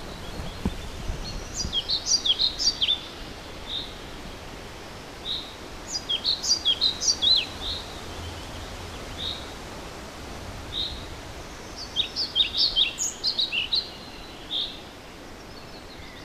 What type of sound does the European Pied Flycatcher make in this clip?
song